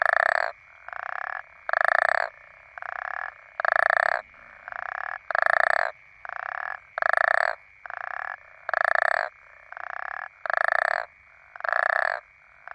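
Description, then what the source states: African common toad croaks: rasping, pulsed bursts repeated steadily, louder calls trading with quieter ones, with a constant high-pitched chorus humming underneath. Several toads.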